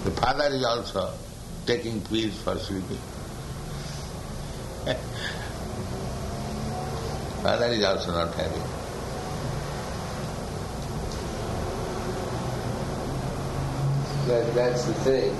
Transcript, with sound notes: The father is also taking pills for sleeping. [laughs] Father is also not happy.
That's the thing.